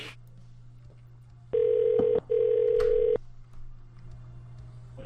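A telephone ringing tone sounds twice, two loud, steady mid-pitched buzzing beeps, each under a second long, separated by a brief gap, over a low constant hum.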